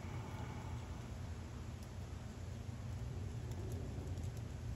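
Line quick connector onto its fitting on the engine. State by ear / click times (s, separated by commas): not seated / none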